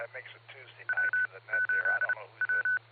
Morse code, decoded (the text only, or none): W8W